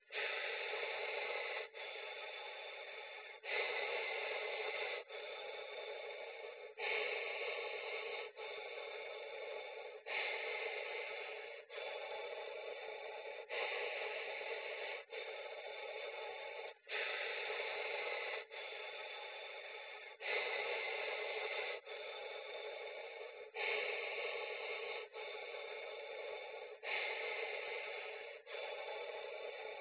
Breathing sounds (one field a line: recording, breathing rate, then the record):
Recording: paced breathing near a phone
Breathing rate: 18 breaths a minute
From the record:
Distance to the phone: 20 cm